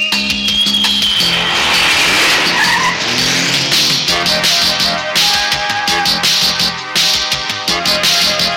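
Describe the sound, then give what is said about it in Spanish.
A Falcon car's engine roars loudly while tires screech and skid, with shrill squealing tones sliding up and down over a steady rumble for the whole stretch. No one speaks. “Falcon, potencia que va hacia adelante.”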